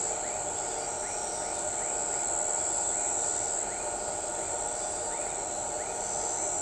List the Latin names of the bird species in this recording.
none